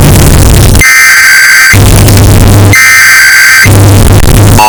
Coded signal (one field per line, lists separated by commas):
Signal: Emergency Alert System (SAME) tones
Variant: header bursts